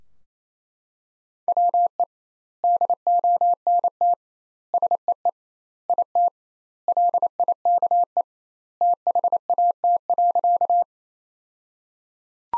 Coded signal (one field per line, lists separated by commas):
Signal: Morse code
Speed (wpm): 28 wpm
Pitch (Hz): 700 Hz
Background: none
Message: WE DONT SEE IT LIKE THAT.